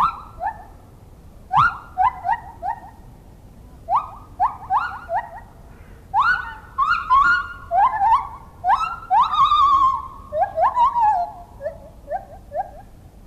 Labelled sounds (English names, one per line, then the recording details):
Lar Gibbon
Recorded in captivity
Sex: male
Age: adult
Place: Zoo Rostock, Mecklenburg-Vorpommern, DE
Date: 1975-12-05 12:20
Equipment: Uher CR 210, Verstärker, Sennheiser MD 421, Kopie Unitra ZK 246
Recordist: Tembrock, Günter
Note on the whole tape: Männchen: Rufe und Strophen